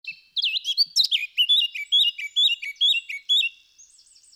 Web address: SETE data Sylvia atricapilla